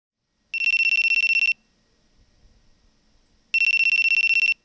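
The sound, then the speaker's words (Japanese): A telephone rings for a call between a man and a woman, in two bursts of rapid, high-pitched electronic trills, each lasting about a second, separated by a quiet gap with faint low rumbling. “男の人と女の人が電話で話しています。”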